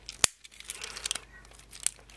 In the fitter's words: lock everything into place together